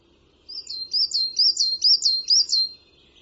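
Bird uttering a rapid string of several high, squeaky chirps in steady rhythm, then falling silent.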